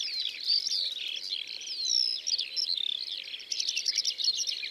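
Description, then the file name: Eurasian skylark song, a rapid stream of high twittering notes and slurred whistles, turning into fast trilled bursts near the end. Drôme, France. "Alouettes des champs Concerts Naturels de la Drome Studio les Trois Becs"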